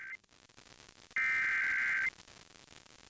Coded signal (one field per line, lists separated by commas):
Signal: Emergency Alert System (SAME) tones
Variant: header bursts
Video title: DX Central Live! | Season 5, Episode 28 | Friday, April 25, 2025